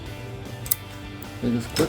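A metal anti-rattle brake pad abutment clip is pushed into the caliper bracket of a PowerStop Z23 Evolution Sport brake kit on a Jeep Wrangler JK, lip facing away from the rotor, while background music plays and someone talks. It takes some wrestling, then the clip snaps into place with a sharp click at 0.7 s, and it is seated.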